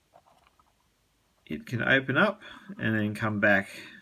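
On an ARM NSW C38 class model locomotive, the sprung pin joining the loco and tender, which also carries the wiring harness, is handled. A few faint, light ticks come in the first 0.6 seconds, then someone talks from about 1.5 seconds. The pin is pulled open and released, but nothing has seated or clicked into place yet.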